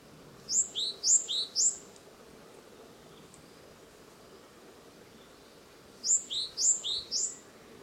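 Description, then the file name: Japanese tit calls: a tight burst of three high, sharp notes alternating with lower ones, a pause of about four seconds, then the same burst repeated. "shijukara"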